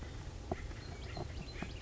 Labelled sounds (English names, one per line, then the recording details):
Song Sparrow
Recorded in Sonoma County, California